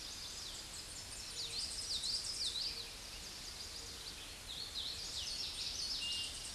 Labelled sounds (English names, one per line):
Common Yellowthroat song